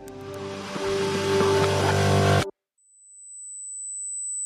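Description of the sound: Device-generated simulation of tonal tinnitus: after a short musical passage and a brief silence, a steady, pure, high-pitched beep of almost 8000 Hz fades in and grows louder. It stands alone in frequency, which makes it especially irritating, and represents a tonal tinnitus present for ten years.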